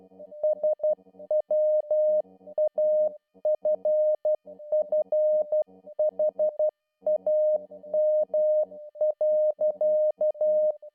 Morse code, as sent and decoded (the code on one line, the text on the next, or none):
... .-- .- ..-. ..-. .... .- -- .-.-.-
SWAFFHAM.